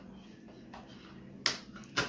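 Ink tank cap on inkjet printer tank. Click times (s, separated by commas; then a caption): 1.5 s. After the black ink tank of an Epson EcoTank 2800 inkjet printer is filled, during its conversion to a sublimation printer, the tank's plastic cap is pressed closed. Against low background noise, it snaps shut with a sharp, bright click at 1.5 s, followed by another short burst near 2.0 s. The snap confirms the cap is fully seated and the black tank is finished.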